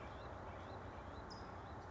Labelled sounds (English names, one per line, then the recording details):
California Towhee
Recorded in Sonoma County, California